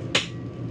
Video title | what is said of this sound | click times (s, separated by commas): Is the $7,500 Hatch Worth It? 2024 Airstream International 25FB Twin with Hatch | because the connection here, actually, here, it snaps in place. | 0.2 s